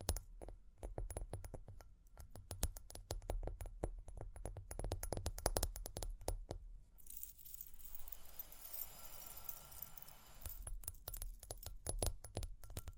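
Quick, sharp taps and small jingling clinks, like little metal pieces, come in dense irregular bursts for the first seven seconds. Around the middle a softer, hissy scratching takes over for about three seconds, then the clinking taps return to the end.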